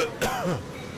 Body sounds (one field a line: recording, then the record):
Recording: coughing mixed with background sound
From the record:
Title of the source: Coughing 51